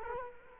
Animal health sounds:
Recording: mosquito wingbeat signal from an infrared sensor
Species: Culex quinquefasciatus

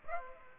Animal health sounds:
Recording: mosquito wingbeat signal from an infrared sensor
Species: Aedes aegypti

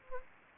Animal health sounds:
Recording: mosquito wingbeat signal from an infrared sensor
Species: Anopheles gambiae

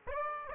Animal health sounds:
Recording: mosquito wingbeat signal from an infrared sensor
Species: Aedes aegypti

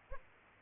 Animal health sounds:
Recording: mosquito wingbeat signal from an infrared sensor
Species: Aedes aegypti

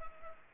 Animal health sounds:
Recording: mosquito wingbeat signal from an infrared sensor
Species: Culex pipiens

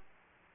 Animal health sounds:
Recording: mosquito wingbeat signal from an infrared sensor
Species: Aedes aegypti

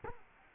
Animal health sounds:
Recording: mosquito wingbeat signal from an infrared sensor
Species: Culex quinquefasciatus

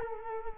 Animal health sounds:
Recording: mosquito wingbeat signal from an infrared sensor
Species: Culex quinquefasciatus

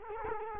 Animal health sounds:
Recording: mosquito wingbeat signal from an infrared sensor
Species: Culex quinquefasciatus

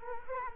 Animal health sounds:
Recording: mosquito wingbeat signal from an infrared sensor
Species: Culex quinquefasciatus

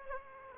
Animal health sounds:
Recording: mosquito wingbeat signal from an infrared sensor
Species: Aedes aegypti

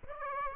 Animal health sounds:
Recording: mosquito wingbeat signal from an infrared sensor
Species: Aedes aegypti

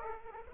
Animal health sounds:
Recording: mosquito wingbeat signal from an infrared sensor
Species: Aedes aegypti

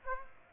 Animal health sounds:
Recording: mosquito wingbeat signal from an infrared sensor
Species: Aedes aegypti

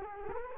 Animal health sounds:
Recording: mosquito wingbeat signal from an infrared sensor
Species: Culex quinquefasciatus

